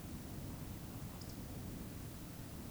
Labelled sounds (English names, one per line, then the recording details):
Eurasian Woodcock whistle
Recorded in Baden-Württemberg, Germany, on 12 June 2020 at 20:12 UTC
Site 43738, 650 m above sea level